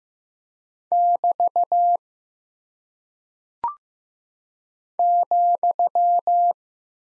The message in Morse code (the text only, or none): <BT> ,